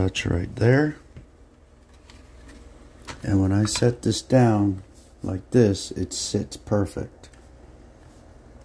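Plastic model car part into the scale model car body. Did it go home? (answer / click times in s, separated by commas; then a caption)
no / none. A plastic part is handled and set down onto the body of a 1970 Superbird scale model car while someone talks, with a few faint, light ticks between the words. Nothing has popped into place or seated yet.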